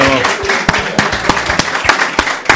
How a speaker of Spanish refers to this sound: Un fuerte aplauso. Un aplauso.